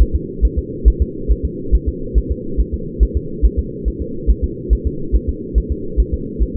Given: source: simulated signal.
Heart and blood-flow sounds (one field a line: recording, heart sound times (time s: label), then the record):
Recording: fetal heart sounds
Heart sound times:
0.02 s: S1
0.15 s: S2
0.45 s: S1
0.59 s: S2
0.88 s: S1
1.02 s: S2
1.31 s: S1
1.45 s: S2
1.75 s: S1
1.88 s: S2
2.18 s: S1
2.32 s: S2
2.60 s: S1
2.74 s: S2
3.03 s: S1
3.17 s: S2
3.45 s: S1
3.59 s: S2
3.88 s: S1
4.02 s: S2
4.30 s: S1
4.44 s: S2
4.73 s: S1
4.87 s: S2
5.16 s: S1
5.29 s: S2
5.58 s: S1
5.72 s: S2
6.00 s: S1
6.14 s: S2
6.43 s: S1
6.56 s: S2
From the record:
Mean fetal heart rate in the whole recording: 140 bpm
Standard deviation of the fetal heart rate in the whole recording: 2 bpm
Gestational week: 34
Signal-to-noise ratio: -4.3 dB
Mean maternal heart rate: 72 bpm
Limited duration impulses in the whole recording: present